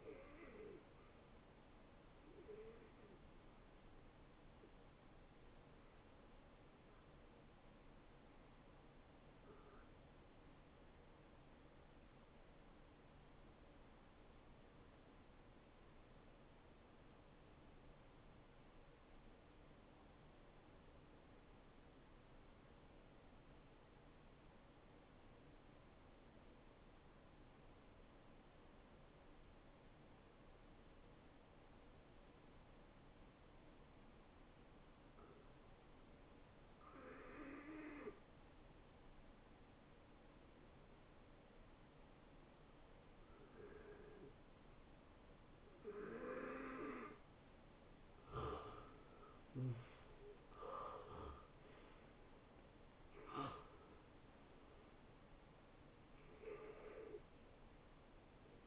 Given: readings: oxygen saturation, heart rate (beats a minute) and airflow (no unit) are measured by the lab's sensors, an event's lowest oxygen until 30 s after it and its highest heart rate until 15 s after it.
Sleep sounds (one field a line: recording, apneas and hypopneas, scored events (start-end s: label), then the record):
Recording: breathing in sleep by a voice recorder at the bedside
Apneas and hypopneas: 1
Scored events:
8.00-46.50 s: hypopnea (N2, oxygen 93% highest, then 82% lowest)
33.00-58.67 s: new sleep stage, N1 (lightest sleep)
From the record:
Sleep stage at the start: N2 (light sleep)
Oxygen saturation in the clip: 83 to 93%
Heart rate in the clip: 62 to 78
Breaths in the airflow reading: 11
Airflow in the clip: -20.8 to 11.3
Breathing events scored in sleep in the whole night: 263 in 5.5 hours asleep